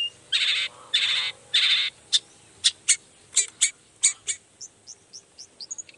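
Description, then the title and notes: Long-tailed shrike song: three long raspy bursts, then sharp clicking notes that grow softer and thinner toward the end. Vigorous ('gacor') morning singing with 'toet toet' sound variations; presented as making any other shrike immediately answer ('nyaut') and open up its repertoire ('buka materi'). "Langsung NYAUTTTTT ! Cendet Gacor Dor Di Kala Pagi Toet Toet Variasi Suara J. Nyaut Seketika.! Cendet Gacor Pagi Hari Biangnya Bikin Cendet Manapun Langsung On Nyaut Buka Materi. Burung cendet"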